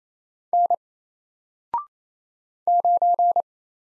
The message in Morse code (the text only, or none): N 9